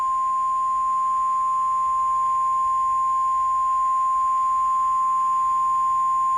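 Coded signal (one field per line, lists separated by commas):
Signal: Emergency Alert System (SAME) tones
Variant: 1050 Hz attention tone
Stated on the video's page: Fictional EAS scenario, not a real alert.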